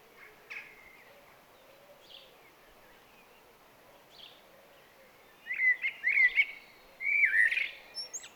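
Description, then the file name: Common blackbird song: a few faint scattered notes early, then a loud run of mellow fluted notes in the last three seconds. "Turdus merula"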